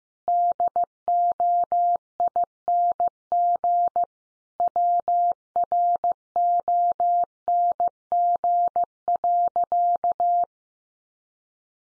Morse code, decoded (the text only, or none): DOING WRONG.